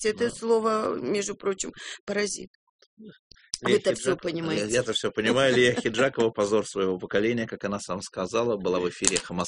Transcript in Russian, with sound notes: Это слово, между прочим, паразит. Вы-то все понимаете (смеется)
Я-то все понимаю. Лия Ахеджакова – позор своего поколения, как она сама сказала, была в эфире «Эха Москвы».